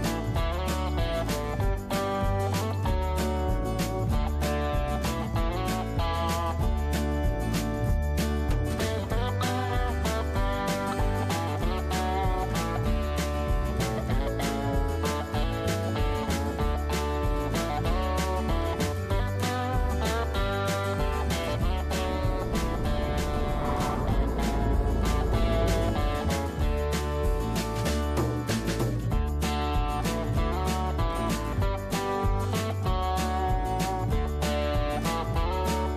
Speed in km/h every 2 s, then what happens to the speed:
21, 31, 35, 35, 38, 40, 42, 48, 53, 54, 41, 29, 25, 26, 32, 36, 41, 48.
0-15 speeds up to 53. 18-24 brakes to 25. 26-36 speeds up to 48.